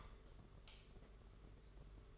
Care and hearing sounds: daily activity, microphone in the room; light off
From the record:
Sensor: 4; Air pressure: 991.8 hPa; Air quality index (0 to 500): 97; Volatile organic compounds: 11 ppm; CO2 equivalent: 2276 ppm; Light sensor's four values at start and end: 9/25/9/11 and 7/16/6/6

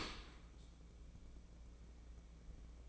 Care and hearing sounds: daily activity, microphone in the room; open dishwasher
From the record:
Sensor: 1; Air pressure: 1012.4 hPa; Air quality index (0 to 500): 172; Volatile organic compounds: 3 ppm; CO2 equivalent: 1405 ppm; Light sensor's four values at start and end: 317/716/318/346 and 317/717/319/347

